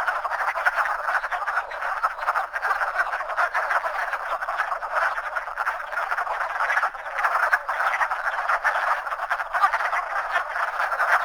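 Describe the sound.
Wood frogs in a dense, continuous chorus of overlapping raspy clucking croaks, a steady quacking din with no other clear sounds.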